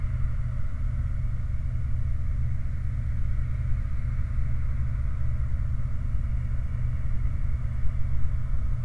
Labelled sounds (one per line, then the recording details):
machinery
flare stack
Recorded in the Prudhoe Bay oil fields, Alaska, on 29 July 2019 at 05:04
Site 29